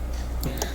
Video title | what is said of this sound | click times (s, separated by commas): Sewing Machine Basics - know how to use Usha Allure machine | lock ஆகிடும். இப்போ நூல் வந்துட்டு எங்கேருந்து எடுத்துகிட்டு வரணுன்னா | 0.4 s, 0.6 s